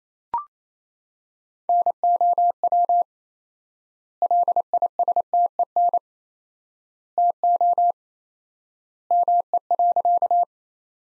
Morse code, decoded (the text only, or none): NOW LISTEN TO ME.